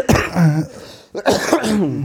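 Two loud, chesty productive coughs in quick succession, each a harsh burst trailing into a rough, voiced rasp, with a short pause between them and no talking.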